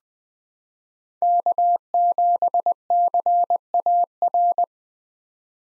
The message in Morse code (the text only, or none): K7CAR